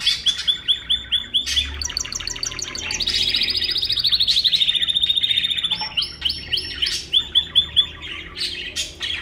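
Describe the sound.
Bird song of quick chips in a series, then a long buzzing trill at high pitch, followed by more paced sharp chirps.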